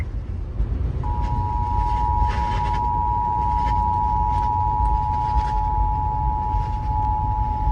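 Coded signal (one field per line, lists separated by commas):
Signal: Emergency Alert System (SAME) tones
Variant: 853 and 960 Hz attention tone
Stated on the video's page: Illinois Required Monthly Test received on FM 97.5.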